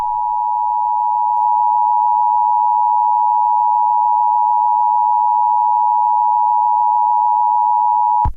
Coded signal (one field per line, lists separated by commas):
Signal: Emergency Alert System (SAME) tones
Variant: 853 and 960 Hz attention tone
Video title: Eas scenario 4. Extreme Heat